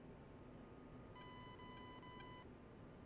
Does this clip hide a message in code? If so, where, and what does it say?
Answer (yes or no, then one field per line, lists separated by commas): no